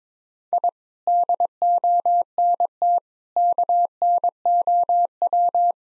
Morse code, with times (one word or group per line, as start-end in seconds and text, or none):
0.5-0.7 I
1.1-3.0 DONT
3.4-5.7 KNOW